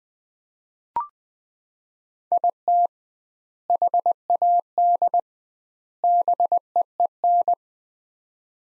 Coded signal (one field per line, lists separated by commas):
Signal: Morse code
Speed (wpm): 21 wpm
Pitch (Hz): 700 Hz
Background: none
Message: IT HAD BEEN